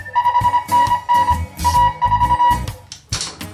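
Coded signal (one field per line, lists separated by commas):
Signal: Morse code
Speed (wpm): 26 wpm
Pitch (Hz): 970 Hz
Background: music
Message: 5NN A4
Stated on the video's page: QRP CW contest QSOs in the CQ WW CW 160m contest using a WW2 radio.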